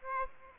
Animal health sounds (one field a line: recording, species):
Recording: mosquito wingbeat signal from an infrared sensor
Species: Aedes aegypti